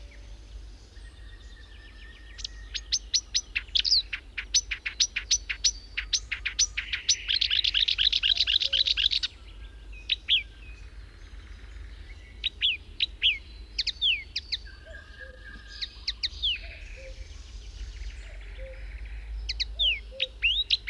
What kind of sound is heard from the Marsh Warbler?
song